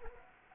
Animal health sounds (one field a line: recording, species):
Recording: mosquito wingbeat signal from an infrared sensor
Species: Anopheles gambiae